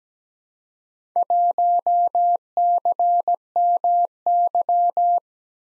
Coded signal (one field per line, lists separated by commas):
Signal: Morse code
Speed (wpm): 17 wpm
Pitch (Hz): 700 Hz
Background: none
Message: 1CMY